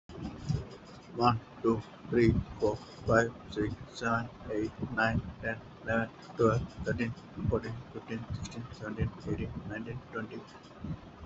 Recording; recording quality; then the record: counting at a fast pace; moderate, slight background noise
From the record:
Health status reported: healthy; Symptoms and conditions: none ticked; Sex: male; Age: 25 years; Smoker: not ticked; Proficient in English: yes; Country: India